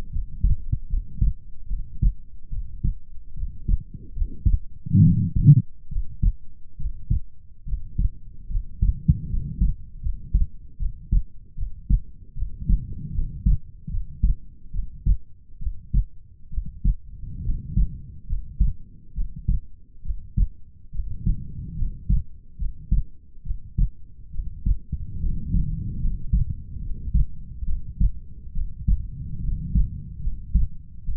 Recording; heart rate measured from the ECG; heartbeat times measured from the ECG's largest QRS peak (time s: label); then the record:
heart sounds by stethoscope; 72 bpm
0.10 s: heartbeat
0.88 s: heartbeat
1.67 s: heartbeat
2.49 s: heartbeat
3.34 s: heartbeat
4.14 s: heartbeat
5.01 s: heartbeat
5.89 s: heartbeat
6.77 s: heartbeat
7.65 s: heartbeat
8.48 s: heartbeat
9.28 s: heartbeat
10.01 s: heartbeat
10.77 s: heartbeat
11.55 s: heartbeat
12.34 s: heartbeat
13.12 s: heartbeat
13.89 s: heartbeat
14.71 s: heartbeat
15.58 s: heartbeat
16.49 s: heartbeat
17.42 s: heartbeat
18.26 s: heartbeat
19.13 s: heartbeat
20.02 s: heartbeat
20.91 s: heartbeat
21.75 s: heartbeat
22.56 s: heartbeat
23.42 s: heartbeat
24.30 s: heartbeat
25.18 s: heartbeat
25.99 s: heartbeat
26.79 s: heartbeat
27.65 s: heartbeat
28.52 s: heartbeat
29.40 s: heartbeat
30.21 s: heartbeat
31.04 s: heartbeat
From the record:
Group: healthy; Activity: rest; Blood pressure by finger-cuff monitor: 96/64 mmHg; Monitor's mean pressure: 74 mmHg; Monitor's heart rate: 70 bpm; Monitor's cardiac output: 5.4 L/min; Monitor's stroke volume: 77 mL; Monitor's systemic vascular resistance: 1000 dyn s/cm5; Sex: female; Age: 22 years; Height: 160 cm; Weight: 45 kg